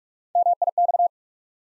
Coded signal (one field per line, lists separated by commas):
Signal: Morse code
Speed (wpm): 44 wpm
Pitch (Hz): 700 Hz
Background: none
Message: M I X